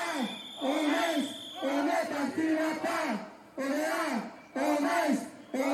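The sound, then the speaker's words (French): A crowd of protesters at a rally in Liège, supporting the staff of the Deleuze supermarket chain, shouts a repeated chant of discontent in loud, rhythmic bursts, with short pauses between phrases and a steady cadence of raised voices. “Dans ce rassemblement en soutien du personnel de l'enseigne de supermarché, ils sont venus crier leur mécontentement.”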